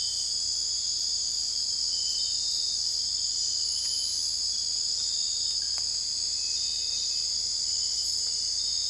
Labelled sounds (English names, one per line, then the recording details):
none
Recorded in dense forest near Puerto Asís, Putumayo, Colombia, on 21 December 2024 at 02:00
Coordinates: 0.485, -76.318
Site GP03